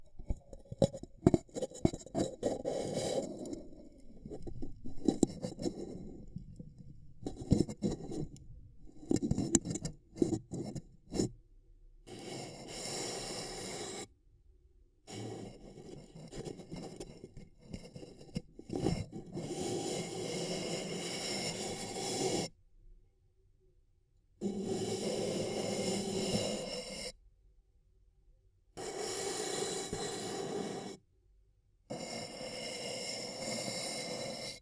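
Ear cupping sounds: muffled rubbing and scraping with soft thumps early on, then sustained hissy rustling bursts separated by abrupt silent gaps.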